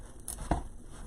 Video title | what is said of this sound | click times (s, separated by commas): DIY How T Make Bows R | Okay, we're clicking. | 0.3 s, 0.5 s